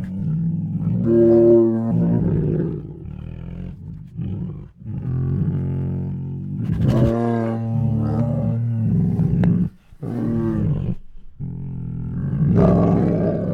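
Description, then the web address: Tiger moaning in long, low, droning groans broken by brief gaps. Hungry tigers making groans, huffs, moans and snores. "Sound Ideas Tigers"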